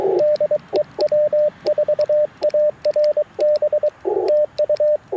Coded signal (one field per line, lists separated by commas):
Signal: Morse code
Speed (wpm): 23 wpm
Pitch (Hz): 590 Hz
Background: radio noise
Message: DE W4ARB TU